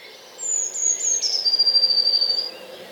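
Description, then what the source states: Eurasian blue tit song: a thin, very high whistled note held then sliding slightly lower, followed by a fast trilled flutter, lasting about two seconds. Fairly high-pitched song of a blue tit in a British garden.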